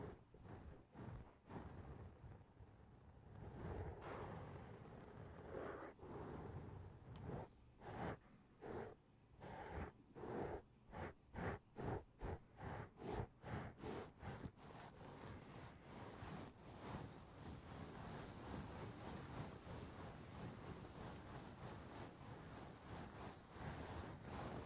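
Tapping on the roof of a foam house: sharp, dull knocks come at an uneven pace at first, then quicken into a fast, steady run of taps around ten to fifteen seconds. After that they blur into a dense, continuous rustling patter until the end.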